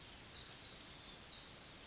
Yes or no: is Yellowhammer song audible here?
no